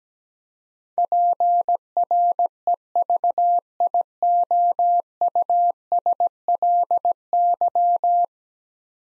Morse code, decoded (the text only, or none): PREVIOUSLY